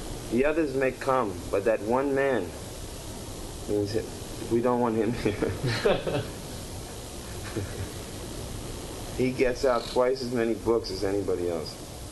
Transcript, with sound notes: "The others may come, but that one man, we don't want him here." [laughs] He gets out twice as many books as anybody else.